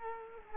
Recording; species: mosquito wingbeat signal from an infrared sensor; Culex quinquefasciatus